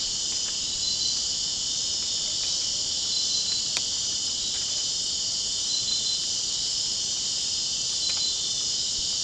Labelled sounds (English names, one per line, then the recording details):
none
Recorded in dense forest near Puerto Asís, Putumayo, Colombia, on 24 June 2025 at 23:00
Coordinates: 0.499, -76.324
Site G100